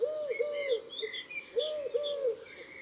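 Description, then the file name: Eurasian collared dove song, two low hollow coo phrases of paired drawn-out notes and a short closing note, while thin high bird chirps run above. "Tourterelle turque ABC des chants doiseaux"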